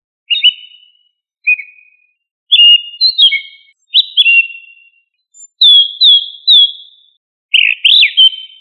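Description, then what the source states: Thrush singing varied whistled phrases, with short slurred notes, some doubled or tripled, in separate bursts roughly a second apart. No other sounds are heard. Thrush of the family Turdidae, locally called sabiá.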